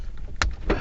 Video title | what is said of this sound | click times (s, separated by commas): 2005 Toyota Sienna Repair day | Until it snaps. You want to make sure it snaps back in. | 0.4 s